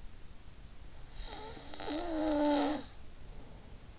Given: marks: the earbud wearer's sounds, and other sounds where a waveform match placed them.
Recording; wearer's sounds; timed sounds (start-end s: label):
sounds in sleep by an in-ear microphone; snoring breath
1.19-3.92 s: snoring breath